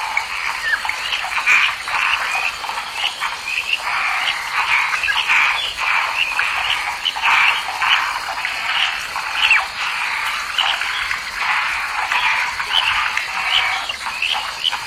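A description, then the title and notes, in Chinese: Frogs call from a lotus pond in a dense, unbroken chorus that fills the whole clip. The croaks are bright and rasping, overlapping so thickly they form a steady pulsing wall, with a few sharper calls standing out now and then. No low sounds underneath. 荷塘蛙声。深夜。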